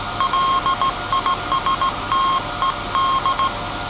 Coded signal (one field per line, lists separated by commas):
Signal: Morse code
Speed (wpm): 17 wpm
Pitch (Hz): 1070 Hz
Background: none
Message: LISTED